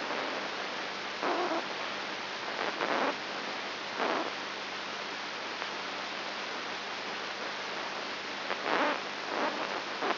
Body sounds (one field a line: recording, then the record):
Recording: brain microelectrode recording played as sound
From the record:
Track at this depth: inside the subthalamic nucleus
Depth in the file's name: 1.306 mm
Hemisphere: left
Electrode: 3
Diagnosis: Parkinson's disease